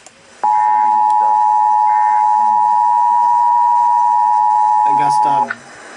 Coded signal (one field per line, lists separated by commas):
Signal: Emergency Alert System (SAME) tones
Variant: 853 and 960 Hz attention tone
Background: speech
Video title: ALL OF NEW JERSY RMT (1/19/21) EAS 178